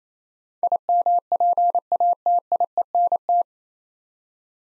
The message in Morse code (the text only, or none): IMPATIENT